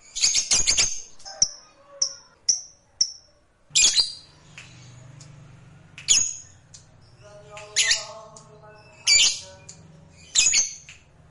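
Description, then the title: Lovebird calls: a burst of harsh chirps, a few short whistled notes, then loud shrieks every second or two over a low hum. Fighter lovebird. "Suara Lovebird FIGHTER NGEKEK PANJANG"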